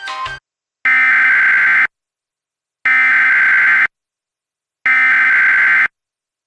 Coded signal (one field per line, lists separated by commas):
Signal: Emergency Alert System (SAME) tones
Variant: header bursts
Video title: EAS Reenactment Mock: High Wind Warning for Starr, TX and Zapata, TX - 12/13/2018